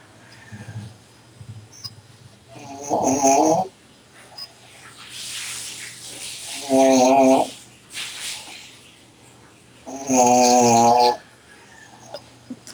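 A sleeping dog snoring: loud, tonal snores with strong harmonics recur roughly every three to four seconds, separated by quieter, breathy breaths.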